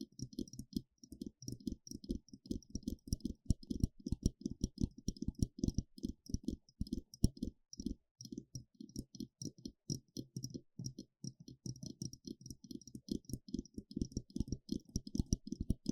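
Tingling eardrum scratching and tapping: rapid, dense clicks and taps rattle on continuously, low thumps mixed with crisp bright ticks throughout.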